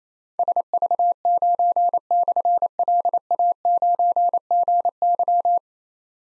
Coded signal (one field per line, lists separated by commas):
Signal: Morse code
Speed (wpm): 27 wpm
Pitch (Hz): 700 Hz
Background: none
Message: SV9/LA9GY